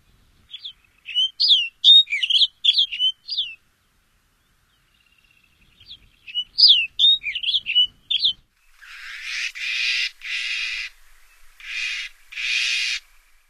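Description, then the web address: Snow bunting song: two bursts of quick, sweet warbled notes, followed by several broad buzzy, rasping notes. North America. "Songs of Birds of North America Stokes. Snow Bunting"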